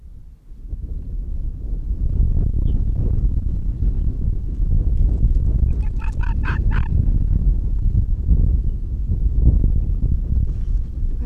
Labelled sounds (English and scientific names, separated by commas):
Arctic Fox (Vulpes lagopus)